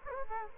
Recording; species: mosquito wingbeat signal from an infrared sensor; Culex quinquefasciatus